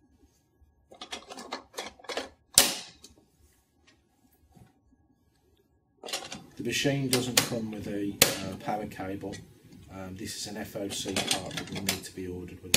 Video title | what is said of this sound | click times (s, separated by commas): MXC250, MXC300 Neo Multifunction printer Technical Training Video | as push, it's not locked into place, so just one push should lock it into place. | 2.6 s